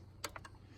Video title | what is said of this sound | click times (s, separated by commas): New Harley GTS install retrofit and apple CarPlay enabled 2014-2018 road glide | See, you heard it click? | 0.2 s